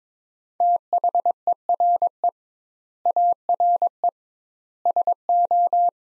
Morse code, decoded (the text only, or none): THERE ARE SO